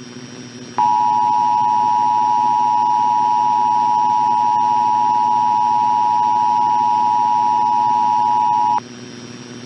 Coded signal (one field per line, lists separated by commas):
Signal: Emergency Alert System (SAME) tones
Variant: 853 and 960 Hz attention tone